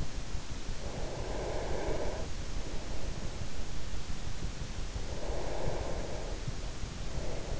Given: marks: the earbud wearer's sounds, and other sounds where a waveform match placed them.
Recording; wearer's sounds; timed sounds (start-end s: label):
sounds in sleep by an in-ear microphone; breath
0.80-2.53 s: breath
4.95-7.60 s: breath